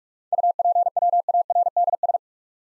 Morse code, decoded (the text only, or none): UPWARDS